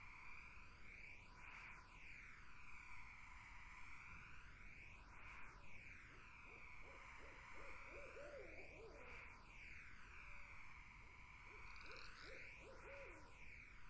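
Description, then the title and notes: Barred owl calls start after six seconds: a cackling string of hoots, a pause, then a shorter burst, all above a constant buzzing background. Barred owls in a summer wetland. "Barred Owls in a Summer Wetland. The Wild Life"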